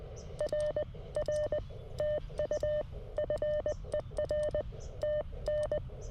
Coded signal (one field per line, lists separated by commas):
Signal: Morse code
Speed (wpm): 20 wpm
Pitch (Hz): 600 Hz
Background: none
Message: R R TU FER TN